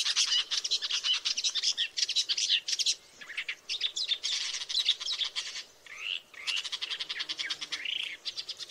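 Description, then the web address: Woodchat shrike giving a busy, scratchy chatter of rapid clicks and buzzy notes, broken by short rising whistles near the end, with brief pauses. "sound Woodchat-shrike. صدای-پرنده-سنگ-چشم-کله-سرخ"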